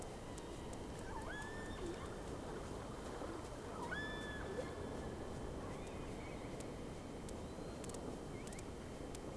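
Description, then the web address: Whale calls: several rising tonal whistles that level off, heard over constant underwater hiss and scattered clicks. Two whales; 3 October 2006, around 11:30. "Sea Snake 10-3-06 Whales X 2"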